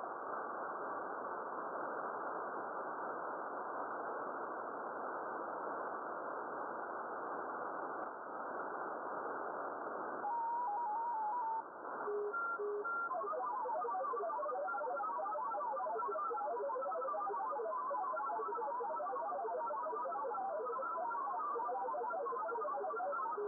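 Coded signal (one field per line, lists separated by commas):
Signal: multi-tone FSK (Olivia or MFSK type)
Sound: steady hiss, then a stream of quick warbling tones hopping randomly within a band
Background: radio static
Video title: Short video using a Flex3000 on Olivia Digimode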